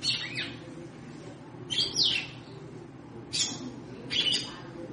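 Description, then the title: Red-cowled cardinal producing four clipped, whistled chirps, one with a clear falling sweep, against a low background hum. Female bird, described as 'triculando' and 'batendo fogo', apparently calling to stimulate the male. "Canto Galo Campina Fêmea. Fêmea de GALO DE CAMPINA - TRICULANDO,BATENDO FOGO PRA ESQUENTAR O MACHO??"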